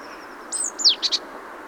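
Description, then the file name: Great tit call, a high thin note sliding down into a sharp descending slur, then two quick clipped chips, over a soft steady hiss and a faint high whistle. "Parus major"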